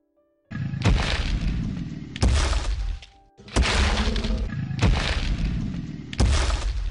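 Heavy, booming footsteps: about five loud crashing thuds in a slow, steady rhythm, roughly one every second and a half, over a continuous rumbling roar, with no talking.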